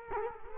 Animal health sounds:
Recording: mosquito wingbeat signal from an infrared sensor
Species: Culex quinquefasciatus

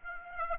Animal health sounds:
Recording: mosquito wingbeat signal from an infrared sensor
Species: Aedes aegypti

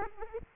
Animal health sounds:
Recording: mosquito wingbeat signal from an infrared sensor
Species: Aedes aegypti

